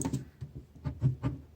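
Someone handles the plastic hinge bracket of a Vive hinged toilet seat riser during tool-free assembly, pressing down so the pliable part flexes toward the grooves on the seat. A series of short, dull plastic knocks and rattles is heard, the strongest near 0.0, 0.9, 1.1 and 1.3 seconds. Nothing has seated or clicked yet.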